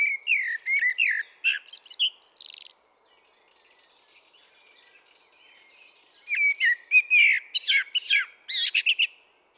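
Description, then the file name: Common blackbird singing two phrases several seconds apart, each a run of mellow whistled notes ending in thin, high, squeaky twitters. "Turdus merula"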